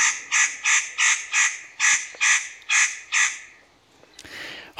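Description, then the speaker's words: Spotted Nutcracker calls: a series of about nine harsh, rasping notes, followed by a pause and a brief noise. Recording played at the end of the programme. "Här till ljudet av en nötkråka som vi pratade om tidigare i programmet så hörs vi igen om en vecka."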